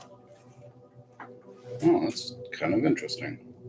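A plastic building-brick part is handled against a brick assembly, with a faint tap near 1.2 seconds before someone talks. Nothing has seated or clicked yet; the part is not yet locked into place.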